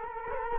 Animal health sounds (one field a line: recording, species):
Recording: mosquito wingbeat signal from an infrared sensor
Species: Culex quinquefasciatus